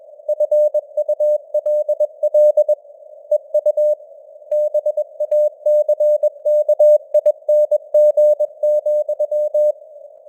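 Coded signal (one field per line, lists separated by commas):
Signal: Morse code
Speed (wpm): 21 wpm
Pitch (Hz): 600 Hz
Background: none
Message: FULL EU BACKING,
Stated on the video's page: Morse news headlines at 21 wpm with simulated radio noise and varying signal strength (QSB).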